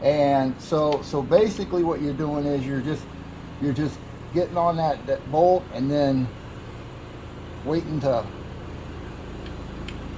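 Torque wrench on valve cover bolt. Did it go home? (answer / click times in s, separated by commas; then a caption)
yes / 9.9 s. A click-type torque wrench set to 48 inch-pounds tightens a valve cover bolt on a 3.6L Pentastar engine while someone talks. The wrench gives a short, sharp click at 9.9 s, showing the bolt has reached the torque spec.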